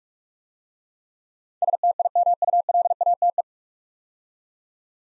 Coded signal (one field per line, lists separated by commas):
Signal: Morse code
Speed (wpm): 44 wpm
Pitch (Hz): 700 Hz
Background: none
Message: STIMULATE